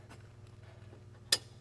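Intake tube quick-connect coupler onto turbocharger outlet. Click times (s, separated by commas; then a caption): 1.3 s. An intake tube quick-connect coupler from a Pusher race/off-road intake system is pushed onto the turbocharger outlet of a 6.7L Powerstroke, and its spring clip expands and drops back into the groove. Over a steady low hum, a single sharp snap is heard at 1.3 s, and the coupler is seated.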